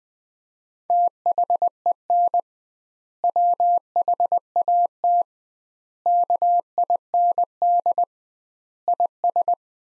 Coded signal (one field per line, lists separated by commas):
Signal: Morse code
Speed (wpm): 20 wpm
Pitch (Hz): 700 Hz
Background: none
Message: THEN WHAT KIND IS